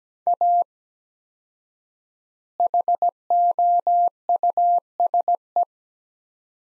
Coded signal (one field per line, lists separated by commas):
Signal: Morse code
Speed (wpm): 17 wpm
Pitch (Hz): 700 Hz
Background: none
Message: A HOUSE